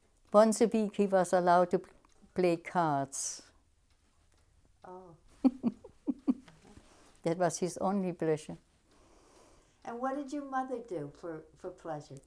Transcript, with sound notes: Once a week he was allowed to play cards.
Oh.
(she laughs) That was his only pleasure.
And what did your mother do for, for pleasure?